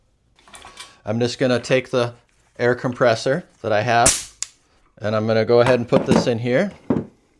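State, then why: Not seated. Someone talks while bringing an air compressor's hose quick coupler to the inlet fitting of a pneumatic stapler, with a brief sharp handling sound near 4.4 s. The coupler has not locked in yet; nothing has seated or clicked by the end of the clip.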